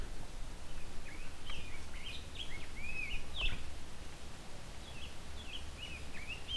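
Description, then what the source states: Rose-breasted Grosbeak singing a soft, quiet warble of short sweet whistled phrases in two bursts, over a steady low background hum. Male, fairly close up, a little shy, giving a quiet, not wholehearted song, singing quietly to himself.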